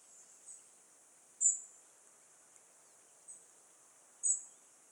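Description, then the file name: European robin giving thin, very high, sharp call notes. There are four brief notes, two louder than the others, spaced unevenly over a quiet background. "Erithacus rubecula"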